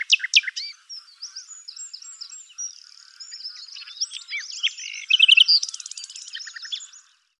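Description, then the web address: Bird song: a long, varied run of high squeaks, slurs and chirps, with a brief rapid buzzy stutter near the end. "cianscape birddata Deverinetal 2025 Bird Lu Me Lu Me"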